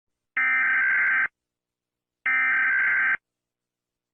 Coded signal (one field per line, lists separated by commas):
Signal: Emergency Alert System (SAME) tones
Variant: header bursts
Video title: RATING EAS ALARMS FROM DIFFERENT COUNTRIES